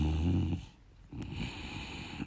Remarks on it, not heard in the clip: Right now I got two snoring bulldogs. Actually, they're snoring pretty softly. She has insisted on sitting on the couch with me.